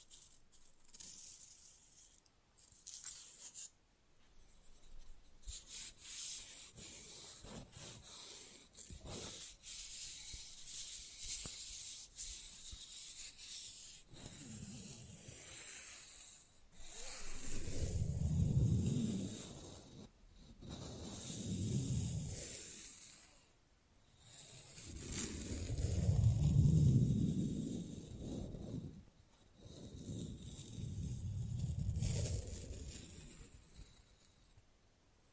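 Fast, rough nail filing scrapes steadily through the clip, a dense gritty rasp with bright hiss on top. After about fifteen seconds the strokes turn heavier, swelling into four long surges with a low rumble near 18, 21, 27 and 31 seconds, separated by short pauses.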